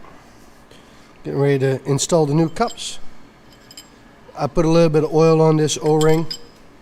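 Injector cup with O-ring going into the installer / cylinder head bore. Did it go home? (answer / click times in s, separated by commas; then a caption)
no / none. A new metal injector cup with a lightly oiled O-ring is handled at the installer and cylinder head bore of a 1999–2003 Ford 7.3 Powerstroke diesel engine while someone talks. Faint metallic clinks come between the phrases, around 3.7 s and 3.8 s. Nothing has snapped or seated yet.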